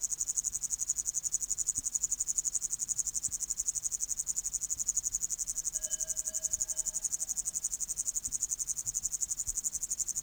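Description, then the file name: Upland green bush-cricket song, a continuous high buzzing trill pulsing rapidly and evenly; a faint, lower whistle briefly appears midway. "Tettigonia cantans"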